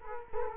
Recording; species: mosquito wingbeat signal from an infrared sensor; Culex quinquefasciatus